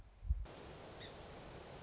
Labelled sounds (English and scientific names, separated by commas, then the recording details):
Song Sparrow (Melospiza melodia)
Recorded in Sonoma County, California